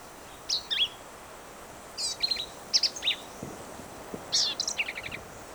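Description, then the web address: Black-capped vireo song: clear, quick phrases mixing sharp chips, slurred notes and a short buzzy rattle, given in several bursts with brief pauses. "birds vireos"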